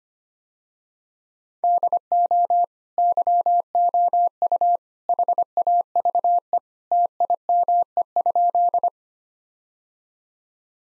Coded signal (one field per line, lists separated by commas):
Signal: Morse code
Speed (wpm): 25 wpm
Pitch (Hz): 700 Hz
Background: none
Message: DO YOU HAVE TIME?